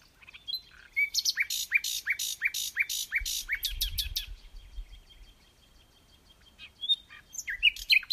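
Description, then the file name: Common nightingale song: a fast series of repeated harsh, buzzy notes with clicks, a pause, then sharp varied chirps. "Luscinia megarhynchos"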